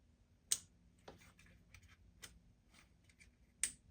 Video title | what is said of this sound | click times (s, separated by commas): How to Replace Spark Plugs on 2023 Porsche Macan 2.0L Turbo | and now close the red tab to lock it in place. | 0.5 s, 3.6 s